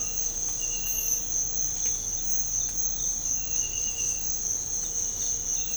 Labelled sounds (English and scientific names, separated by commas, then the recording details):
none
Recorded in pastures near Puerto Asís, Putumayo, Colombia, on 26 December 2024 at 05:30
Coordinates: 0.496, -76.326
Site G004